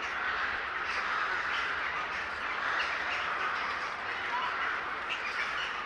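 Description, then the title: Massed bird calls, a steady, noisy wall of overlapping caws and chatters with little change in loudness. Gathering of birds in S. Staszic Park, Łódź, Poland. "Ptaki W Parku Im. S. Staszica W Łodzi"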